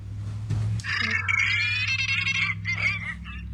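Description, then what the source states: Common murre colony: dense, overlapping harsh growls and croaks merging into a continuous chorus, over a low steady hum. Colony recording played from a phone; murres nest in thousands packed on narrow cliff ledges, their calls together forming a wall of sound.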